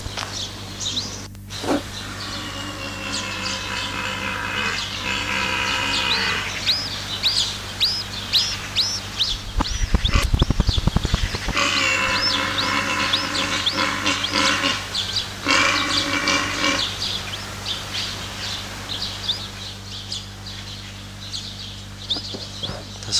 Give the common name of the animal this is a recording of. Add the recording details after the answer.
Père David's Deer. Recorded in captivity. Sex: male. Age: adult. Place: Zoo Berlin, Berlin, DE. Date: 1984-08-03 13:18. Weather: sunny, 18°C. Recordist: Tembrock, Günter. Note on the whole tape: Dehnungslaut im Liegen